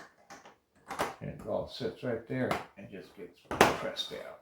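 A built plastic brick sub-assembly of a tower model is handled and set on its studs, ready to be pressed down, while someone talks. A few faint knocks sound at about 0.3 s and 0.9 s under the speech, but the part has not snapped into place and nothing has seated yet.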